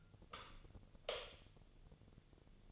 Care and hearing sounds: daily activity, microphone in the room; light off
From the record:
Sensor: 4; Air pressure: 1000.8 hPa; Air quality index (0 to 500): 124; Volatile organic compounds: 1 ppm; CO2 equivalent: 931 ppm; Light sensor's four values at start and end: 38/97/40/44 and 36/88/37/40

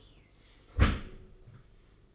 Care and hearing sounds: daily activity, microphone in the room; close dishwasher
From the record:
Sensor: 4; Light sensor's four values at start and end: 22/73/27/28 and 22/73/27/27

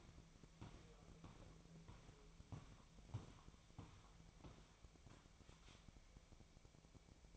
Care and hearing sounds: daily activity, microphone in the room; walk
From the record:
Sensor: 1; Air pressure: 1012.2 hPa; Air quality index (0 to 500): 177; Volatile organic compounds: 3 ppm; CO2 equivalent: 1453 ppm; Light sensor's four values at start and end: 49/133/54/67 and 47/130/52/65

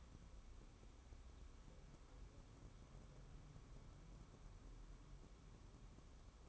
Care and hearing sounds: daily activity, microphone in the room; wipe stove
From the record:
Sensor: 1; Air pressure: 1015.1 hPa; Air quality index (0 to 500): 56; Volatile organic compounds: 1 ppm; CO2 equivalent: 702 ppm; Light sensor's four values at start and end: 13/32/13/15 and 13/32/13/15

